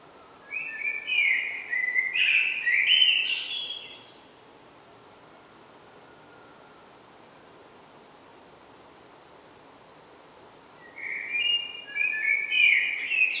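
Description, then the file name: Common blackbird song: a mellow whistled phrase ending in squeaky twitters, then about seven seconds of quiet before a second fluty, warbling phrase begins. "Turdus merula"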